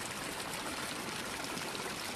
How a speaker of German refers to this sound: Das Rauschen des Wasserfalls, obwohl genauso laut wie die Straße, stört viel weniger. Denn für die meisten ist das Geräusch positiv besetzt, mit Assoziationen wie Natur, Freiheit, Frische.